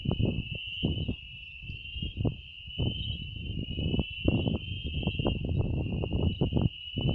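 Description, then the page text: Fernandez's dwarf frog trilling runs continuously as a thin, high, slightly wavering tone, with repeated low thuds and rumbles beneath. Wild adult male, recorded 29 June 2019 at Álvarez de Toledo, Saladillo, Buenos Aires, Argentina, 37 m altitude. "Physalaemus fernandezae Sexo: Macho Fase da vida: Adulto Data de Registro: 29/06/2019 País: Argentina Província. Departamento: Buenos Aires Localidade ou área protegida: Saladillo"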